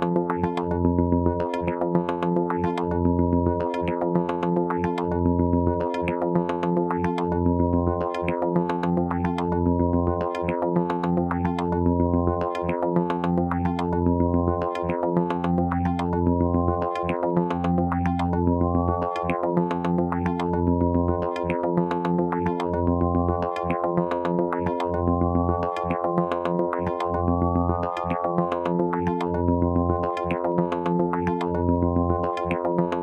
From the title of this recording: Vactrol Drone Tones